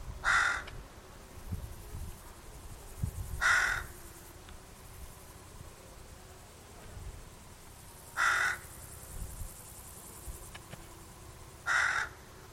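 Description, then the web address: Bird calls, hoarse and grating: four single caws spaced several seconds apart, each brief and rough. "Deverinetal 2025. Bird Only"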